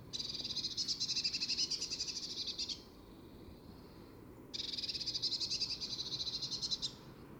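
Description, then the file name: Eurasian blue tit churring: two long, dry, rapidly pulsed scolding rattles of over two seconds each, with a quiet gap between them. "Cyanistes caeruleus"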